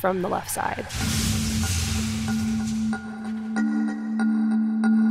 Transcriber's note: soundbite of car crash